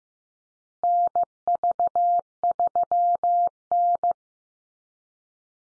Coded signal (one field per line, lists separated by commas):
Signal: Morse code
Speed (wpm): 15 wpm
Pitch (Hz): 700 Hz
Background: none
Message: NV3N